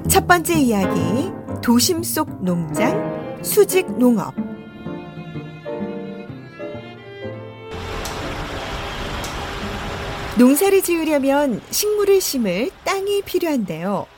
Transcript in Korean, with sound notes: “첫 번째 이야기, 도심 속 농장 ‘수직 농업’”
[현장음: 워싱턴 D.C. 대학 수직농장]
농사를 지으려면 식물을 심을 땅이 필요한데요.